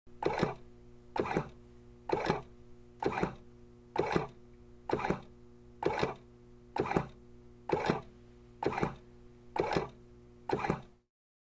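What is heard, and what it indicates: A steady low mechanical hum runs throughout, broken by regular whooshing pulses about 65 times a minute, evenly spaced. It is a mechanical ventilator humming while running, a respirator sound effect.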